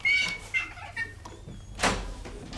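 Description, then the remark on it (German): A chicken, brought in a basket of treats aboard a frigate, clucks in a few short, nasal, high-pitched bursts, followed by a louder rustling scrape and quieter shuffling noises. “Rotwein? Ein Huhn? Tabak?”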